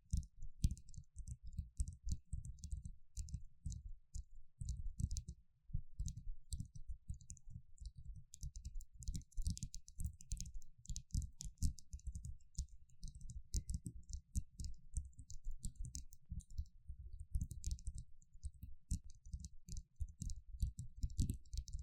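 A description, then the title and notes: Rapid tapping runs throughout, dense and fairly irregular, with soft dull thuds in the low end and sharp ticking clicks on top. The rhythm barely pauses, dipping briefly near five seconds before resuming at the same busy pace to the end. Tapping.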